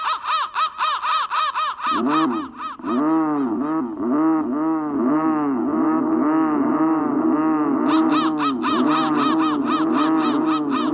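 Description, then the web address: Crow giving quick high notes at first, then slower, deeper arched caws, with the faster higher calls returning near the end. "soundfactory crow"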